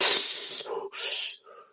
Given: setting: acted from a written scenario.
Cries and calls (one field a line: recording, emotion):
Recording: vocal sound without words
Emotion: interest